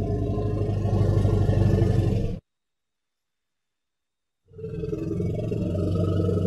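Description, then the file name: Elephant rumble, deep and steadily pulsing, cut by a silent gap before a second long growling rumble. "Tieng voi keu"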